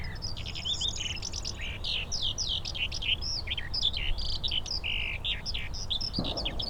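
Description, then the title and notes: Eurasian skylark singing a rapid, unbroken warble of buzzy, high notes over a low background hum, with a brief thud near the end. Skylarks singing in fields by St. Isidore's wayside shrine, Sosna Góra, Siemianowice Śląskie, Poland; Saturday 18 May 2019; shooting range in background; Zoom H5, Audio-Technica BP4025. "Siemianowice Śląskie, Polska - skowronek przy kapliczce św. Izydora. Sobota, 18 maja 2019. Wśród pól znajduje się kapliczka świętego Izydora na Sosnej Górze. W polu śpiewają skowronki i brzęczą owady"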